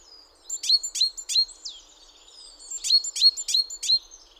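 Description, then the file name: Great tit calls: two bursts of sharp, high, downslurred notes, each burst three or four notes delivered quickly, with faint thin whistles between them. "Parus major"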